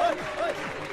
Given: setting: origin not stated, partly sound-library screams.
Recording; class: one-second piece from a danger detection set; normal situation